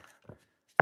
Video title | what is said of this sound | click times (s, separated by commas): Prepping to build a retaining wall live ! ￼ | There we go. Lock into place. Yay. | 0.8 s